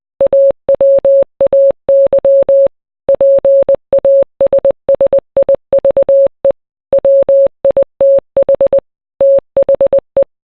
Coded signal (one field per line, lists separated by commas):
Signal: Morse code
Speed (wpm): 20 wpm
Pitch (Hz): 550 Hz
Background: none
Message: AWAY PASSIVE WITH THE